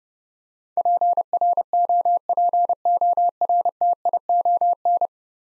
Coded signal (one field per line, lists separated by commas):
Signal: Morse code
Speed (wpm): 30 wpm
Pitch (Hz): 700 Hz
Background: none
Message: PROPORTION